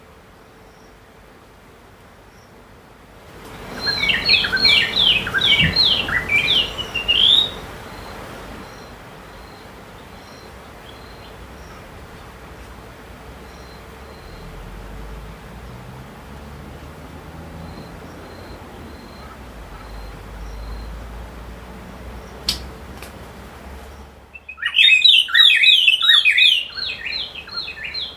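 Bird song recorded near Simonga, Zambia: two bright, rapid bursts of chirping notes, one from about 4 to 7 seconds and another from 24 seconds to the end. Between them a low, steady hum and faint rustling fill a quieter stretch, broken by a sharp click near 22 seconds.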